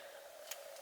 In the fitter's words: It just snaps in place to keep it open.